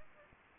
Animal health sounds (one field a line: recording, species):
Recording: mosquito wingbeat signal from an infrared sensor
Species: Anopheles gambiae